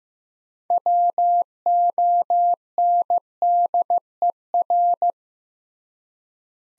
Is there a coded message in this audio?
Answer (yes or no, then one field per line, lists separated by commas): yes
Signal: Morse code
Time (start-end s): 0.7-5.1 s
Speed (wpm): 15 wpm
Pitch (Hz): 700 Hz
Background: none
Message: WONDER